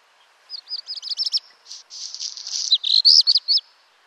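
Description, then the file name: Black redstart: a single song opening with rapid, stuttering high notes, turning scratchy and crackling, and closing with ringing downslurred whistles; faint low background noise beneath. "Rouge queue noir"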